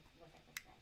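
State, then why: Seated. A glue pen cartridge for a cutting machine is pushed down into its plastic holder until it clicks into place. A single short, sharp click sounds at 0.6 s over a quiet background, and the pen is seated.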